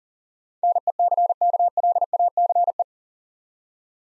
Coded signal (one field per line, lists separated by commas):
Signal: Morse code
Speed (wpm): 40 wpm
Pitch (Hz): 700 Hz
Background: none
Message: NECKLACE